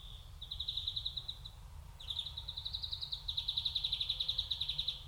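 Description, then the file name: European greenfinch trill: long rapid rattling series of even notes, pausing briefly, then resuming slightly higher and continuing steadily, with low background rumble. "Chloris chloris"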